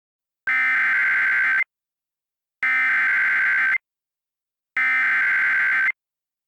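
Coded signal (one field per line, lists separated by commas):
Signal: Emergency Alert System (SAME) tones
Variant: header bursts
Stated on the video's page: Fictional comedy EAS scenario with Microsoft Sam text-to-speech voice.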